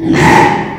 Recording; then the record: squeal of a Yucatan mini pig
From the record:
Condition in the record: after surgery on the right vocal fold (resection and tissue-engineered implant); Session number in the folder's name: 4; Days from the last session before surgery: 42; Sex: male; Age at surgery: 12 weeks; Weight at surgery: 13 kg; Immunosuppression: cyclosporine, prednisolone